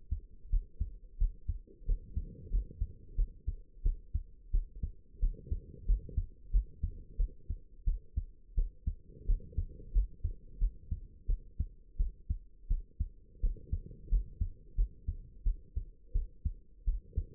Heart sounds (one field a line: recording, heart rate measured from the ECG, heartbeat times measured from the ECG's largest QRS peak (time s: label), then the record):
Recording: heart sounds by stethoscope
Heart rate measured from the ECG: 88 bpm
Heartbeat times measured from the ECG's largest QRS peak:
0.50 s: heartbeat
1.18 s: heartbeat
1.86 s: heartbeat
2.50 s: heartbeat
3.16 s: heartbeat
3.83 s: heartbeat
4.51 s: heartbeat
5.20 s: heartbeat
5.86 s: heartbeat
6.51 s: heartbeat
7.17 s: heartbeat
7.85 s: heartbeat
8.55 s: heartbeat
9.26 s: heartbeat
9.93 s: heartbeat
10.59 s: heartbeat
11.27 s: heartbeat
11.97 s: heartbeat
12.68 s: heartbeat
13.41 s: heartbeat
14.09 s: heartbeat
14.76 s: heartbeat
15.44 s: heartbeat
16.13 s: heartbeat
16.85 s: heartbeat
From the record:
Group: healthy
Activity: rest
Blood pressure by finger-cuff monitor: 80/46 mmHg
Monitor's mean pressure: 59 mmHg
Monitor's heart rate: 89 bpm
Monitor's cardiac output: 8.3 L/min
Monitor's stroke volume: 93 mL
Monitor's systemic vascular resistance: 490 dyn s/cm5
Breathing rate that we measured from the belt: 15 breaths a minute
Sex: female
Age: 22 years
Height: 161 cm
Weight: 65.5 kg